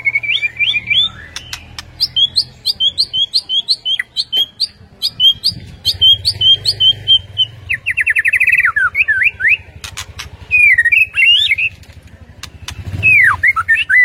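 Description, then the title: White-rumped shama song: a long series of short repeated upslurred notes, a buzzy trill, then twisting whistles. Masteran (training) track featuring full 'ngerol' and 'nembak' song styles. "Masteran Murai Batu Full Ngerol Nembak"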